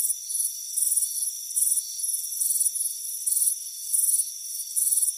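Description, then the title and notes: Cricket chirping: bright trilled bursts alternating loud and softer, with a steady high insect whine underneath. Warm afternoon on a front porch. "Soothing Crickets Chirping Sound. It's a warm afternoon as you relax in a hammock on the front porch. Relax and fall asleep to the soothing sound of chirping crickets. Deep Sleep Sounds"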